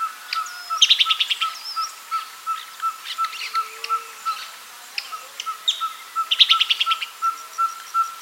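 Tyrant flycatcher calls: short rapid trilled bursts of high notes, repeated a few seconds apart, with a steady ticking note throughout and scattered chirps.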